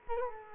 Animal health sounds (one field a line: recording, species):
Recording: mosquito wingbeat signal from an infrared sensor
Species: Culex quinquefasciatus